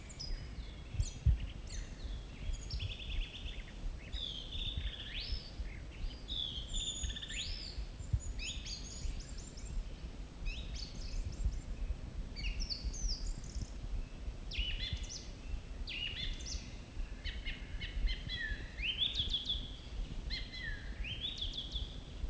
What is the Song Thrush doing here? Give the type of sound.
song